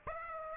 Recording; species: mosquito wingbeat signal from an infrared sensor; Aedes aegypti